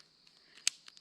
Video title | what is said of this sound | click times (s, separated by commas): 14 Days Solo in Frontenac Days 5 & 6 | and pull until you hear that snap and then it's locked so and then | 0.7 s